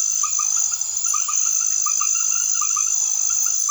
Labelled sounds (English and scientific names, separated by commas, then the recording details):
none
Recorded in secondary vegetation near Puerto Asís, Putumayo, Colombia, on 9 March 2025 at 21:00
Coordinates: 0.489, -76.322
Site G042